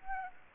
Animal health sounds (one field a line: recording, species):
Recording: mosquito wingbeat signal from an infrared sensor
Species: Aedes aegypti